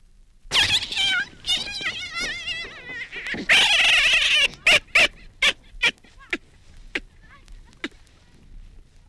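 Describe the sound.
Baboon screams: high, quavering, wobbling cries in loud bursts, followed by a string of sharp clicking barks that slow and fade.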